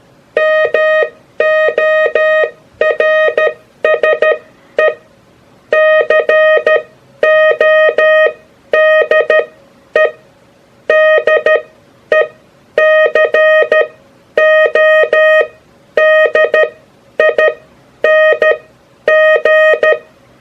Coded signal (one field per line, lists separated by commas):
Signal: Morse code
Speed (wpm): 13 wpm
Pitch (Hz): 620 Hz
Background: music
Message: MORSE CODE DECODING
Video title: Morse Code (CW) Sending Details and Practice Tips